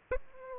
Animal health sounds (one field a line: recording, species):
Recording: mosquito wingbeat signal from an infrared sensor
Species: Aedes aegypti